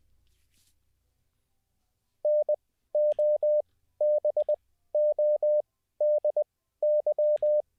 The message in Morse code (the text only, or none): NOBODY